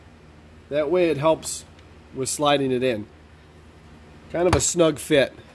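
A plastic glow cup with a slightly bevelled edge is handled before being pushed into a hole in a plastic battery box for a snug fit, while someone talks over a steady low hum. Nothing has seated or clicked yet by the end.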